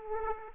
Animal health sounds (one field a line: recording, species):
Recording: mosquito wingbeat signal from an infrared sensor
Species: Aedes aegypti